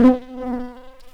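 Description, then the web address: Shrill carder bee buzzing, a steady droning hum with rich harmonics, loudest at the start and then wavering slightly in strength for just over a second. Worker bees. "bumblebees Sylvarum-workers"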